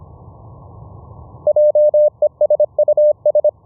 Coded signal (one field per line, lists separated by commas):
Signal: Morse code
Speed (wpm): 26 wpm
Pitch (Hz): 600 Hz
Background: none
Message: JESUS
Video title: QUISK SDR APP for VLF RF over ip on MUMBLE - VOICE(LSB & USB) + CW in the same Mumble channel